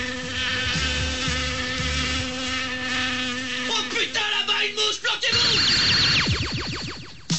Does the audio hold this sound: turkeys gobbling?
no